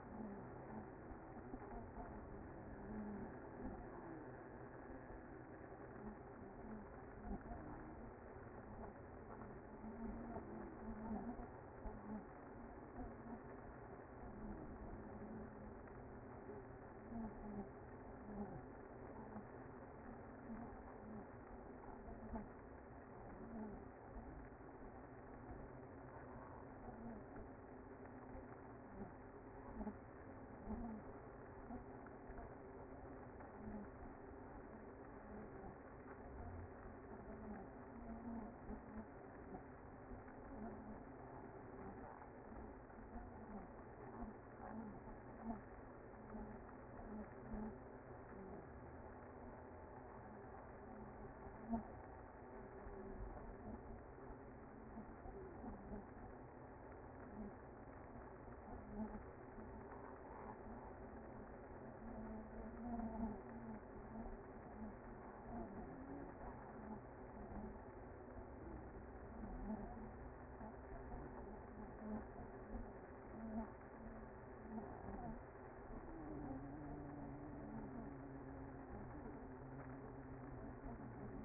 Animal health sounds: honeybee colony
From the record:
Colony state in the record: active

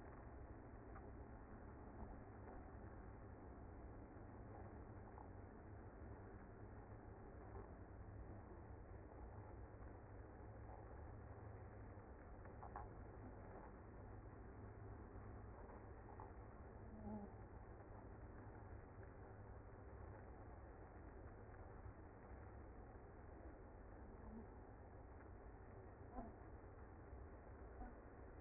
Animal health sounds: honeybee colony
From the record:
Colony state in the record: active

